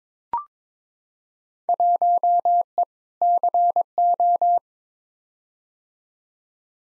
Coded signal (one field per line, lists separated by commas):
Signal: Morse code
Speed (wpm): 22 wpm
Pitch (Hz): 700 Hz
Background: none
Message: 1E CO